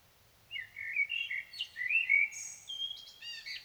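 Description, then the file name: Common blackbird song phrase: a varied, melodious whistled warble running for about two seconds before finishing in a high, thin chattering twitter. "Turdus merula"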